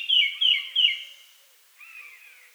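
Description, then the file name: Eurasian blackcap giving three loud, clear, falling fluty notes, then a softer drawn-out whistle after a short pause. "Sylvia atricapilla"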